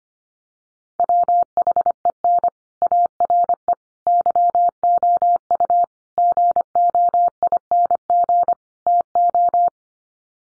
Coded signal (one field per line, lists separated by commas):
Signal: Morse code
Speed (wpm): 25 wpm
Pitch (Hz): 700 Hz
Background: none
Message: WHEN ARE YOU GOING TO